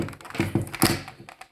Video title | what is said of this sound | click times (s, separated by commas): Lionsoftarmac: MY GEAR HJC RPHA 90 helmet. | locks in place uh this helmet is also certified to ride | 0.8 s